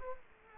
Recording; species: mosquito wingbeat signal from an infrared sensor; Culex quinquefasciatus